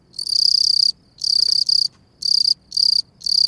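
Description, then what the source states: Field cricket rivalry song: loud, shrill buzzy bursts, each under a second, separated by short silent gaps. Male field cricket agitated because a rival male turns up while he is trying to attract a female; described as an angry sound.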